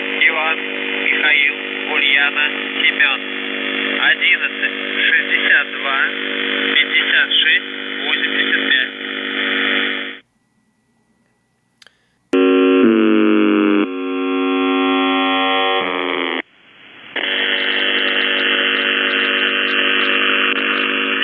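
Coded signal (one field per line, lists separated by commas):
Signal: numbers station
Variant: UVB-76, Russian voice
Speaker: there were four Russian doomsday messages transmitted on the Russian buzzer, which is one of Russia's primary nuclear war frequencies. So I want to play a sample of these messages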